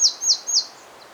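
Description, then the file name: Marsh tit giving three clear, high notes that drop steeply in pitch, evenly spaced a quarter second apart, followed by a faint fourth note. "Poecile palustris"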